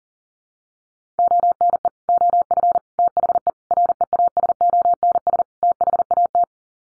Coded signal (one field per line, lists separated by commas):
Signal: Morse code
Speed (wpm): 40 wpm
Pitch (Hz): 700 Hz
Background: none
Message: ONE OF THE REASONS THAT